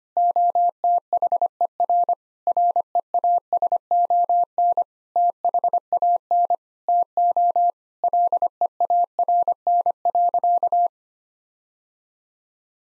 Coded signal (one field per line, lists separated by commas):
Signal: Morse code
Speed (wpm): 25 wpm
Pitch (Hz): 700 Hz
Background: none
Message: OTHER REASON THAN TO LEARN.